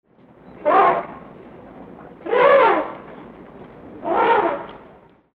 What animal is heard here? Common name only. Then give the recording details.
African Elephant. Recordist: Tembrock, Günter. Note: Erregungstrompeten eines Weibchens